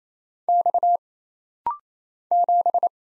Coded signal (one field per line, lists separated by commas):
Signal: Morse code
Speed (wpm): 27 wpm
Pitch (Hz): 700 Hz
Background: none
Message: X 7